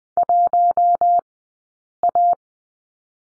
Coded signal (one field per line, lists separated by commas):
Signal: Morse code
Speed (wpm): 20 wpm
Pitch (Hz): 700 Hz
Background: none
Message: 1A